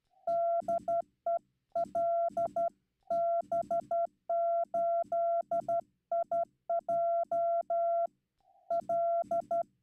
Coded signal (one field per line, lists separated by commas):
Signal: Morse code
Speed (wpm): 12 wpm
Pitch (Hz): 680 Hz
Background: none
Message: DE LB8IJ L